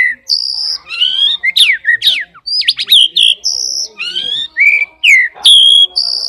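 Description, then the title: Oriental magpie-robin singing loudly: varied whistles, sweeping slurs and bright high sustained notes, alternating with short pauses in quick succession. "kacer"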